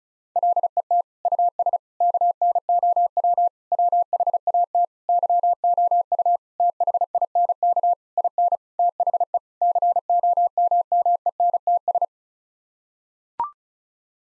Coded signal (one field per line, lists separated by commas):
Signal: Morse code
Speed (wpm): 34 wpm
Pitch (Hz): 700 Hz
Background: none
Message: LET US KNOW WHAT YOU THINK IN THE COMMENTS